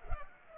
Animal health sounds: mosquito wingbeat signal from an infrared sensor; Culex pipiens

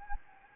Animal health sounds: mosquito wingbeat signal from an infrared sensor; Anopheles gambiae

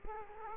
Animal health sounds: mosquito wingbeat signal from an infrared sensor; Culex quinquefasciatus

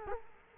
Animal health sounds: mosquito wingbeat signal from an infrared sensor; Culex quinquefasciatus

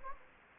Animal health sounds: mosquito wingbeat signal from an infrared sensor; Anopheles gambiae

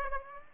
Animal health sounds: mosquito wingbeat signal from an infrared sensor; Aedes aegypti

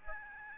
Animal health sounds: mosquito wingbeat signal from an infrared sensor; Aedes albopictus

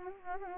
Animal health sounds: mosquito wingbeat signal from an infrared sensor; Anopheles arabiensis

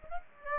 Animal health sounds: mosquito wingbeat signal from an infrared sensor; Aedes aegypti

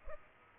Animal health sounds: mosquito wingbeat signal from an infrared sensor; Aedes aegypti

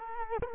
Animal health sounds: mosquito wingbeat signal from an infrared sensor; Culex quinquefasciatus

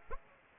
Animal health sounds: mosquito wingbeat signal from an infrared sensor; Anopheles arabiensis

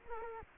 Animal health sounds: mosquito wingbeat signal from an infrared sensor; Culex quinquefasciatus

